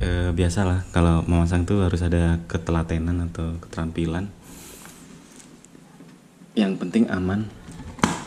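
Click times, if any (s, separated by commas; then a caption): 8.0 s. A motorcycle helmet visor on a Shark Race R Pro is pushed onto a new anodized visor plate kit while someone talks. After a quieter stretch, a sharp click at 8.0 seconds marks the visor snapping into the plate, and it is seated.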